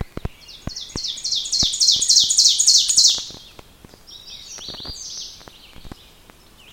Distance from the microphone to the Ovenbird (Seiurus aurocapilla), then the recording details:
about 10 m. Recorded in boreal forest in Alberta, Canada, on 5 June 2016 at 07:12. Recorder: SongMeter 3, array SBT-3-51. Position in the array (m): 262 m, 116 m. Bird 28